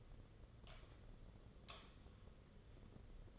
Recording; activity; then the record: daily activity, microphone in the room; light on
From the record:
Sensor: 4